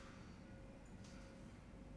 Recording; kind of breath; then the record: one breath in and out by a microphone near the nose and mouth; normal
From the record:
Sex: male